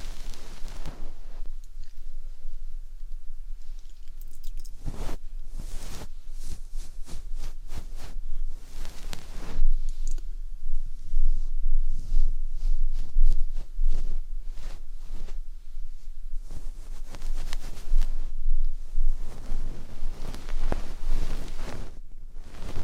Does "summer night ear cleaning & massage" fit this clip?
yes